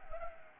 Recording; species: mosquito wingbeat signal from an infrared sensor; Anopheles arabiensis